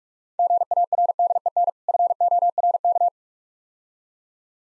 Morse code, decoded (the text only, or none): GARDEN FORK